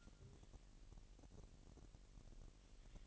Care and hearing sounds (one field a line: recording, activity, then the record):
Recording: daily activity, microphone in the room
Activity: take from stove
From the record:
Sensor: 4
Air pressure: 1002.8 hPa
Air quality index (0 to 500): 249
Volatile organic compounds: 12 ppm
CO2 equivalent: 2336 ppm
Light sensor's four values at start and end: 8/18/7/7 and 8/18/7/7